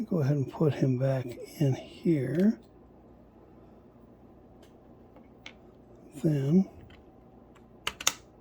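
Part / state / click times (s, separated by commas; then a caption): plastic part into a toy walker vehicle / seated / 7.9 s, 8.1 s. Someone talks, then a plastic part of a micro-scale walker vehicle toy is fitted back onto the model. Sharp snaps at 7.9 s and 8.1 s mark the part seating into place.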